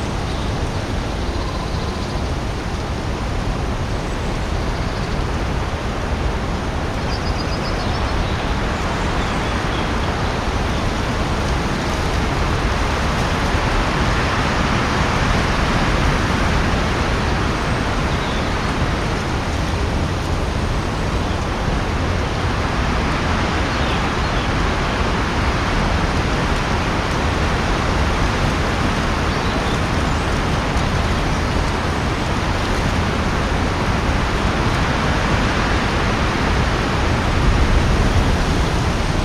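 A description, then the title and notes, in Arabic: Leaves rustle in Muir Woods at dusk as a steady, dense hiss that barely changes over the whole stretch, with slow swells in the brighter part around the middle. A few faint, high bird chirps flicker early on, nearly buried under the rustling. همس الأوراق وتغريد الطيور اللطيف في غابات موير عند الغسق. هذا المشهد الصوتي، المسجل بالصوت ثلاثي الأبعاد خلال الساعة السحرية الساحرة. تحت ناموسية أشجار السيكويا العتيقة.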